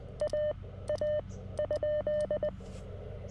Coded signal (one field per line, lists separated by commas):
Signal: Morse code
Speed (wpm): 20 wpm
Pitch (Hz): 600 Hz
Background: none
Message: A A ?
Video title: Monday Morning CW POTA at US-1540 Sleepy Hollow State Park